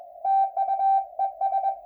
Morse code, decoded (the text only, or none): TUES